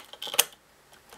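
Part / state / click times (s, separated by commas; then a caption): RAM module into laptop memory slot / seated / 0.2 s, 0.4 s. A RAM module is pushed down into the memory socket of an HP G60 laptop until both side retaining clips snap at the same time. Sharp clicks sound at 0.2 s and 0.4 s, amid a few softer ticks. The module is seated all the way in.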